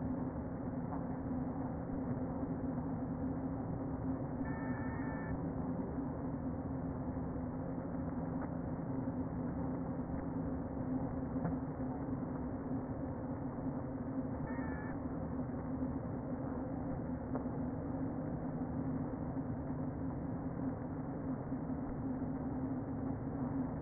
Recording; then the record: honeybee colony, microphone inside the hive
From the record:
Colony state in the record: queen present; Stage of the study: before two queens were removed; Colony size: about 60,000 bees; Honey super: yes